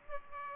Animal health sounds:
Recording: mosquito wingbeat signal from an infrared sensor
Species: Aedes aegypti

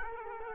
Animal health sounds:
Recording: mosquito wingbeat signal from an infrared sensor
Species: Culex quinquefasciatus

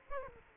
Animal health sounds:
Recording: mosquito wingbeat signal from an infrared sensor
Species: Culex quinquefasciatus

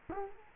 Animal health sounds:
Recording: mosquito wingbeat signal from an infrared sensor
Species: Culex quinquefasciatus

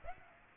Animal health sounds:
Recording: mosquito wingbeat signal from an infrared sensor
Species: Aedes aegypti

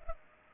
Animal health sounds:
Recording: mosquito wingbeat signal from an infrared sensor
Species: Culex pipiens

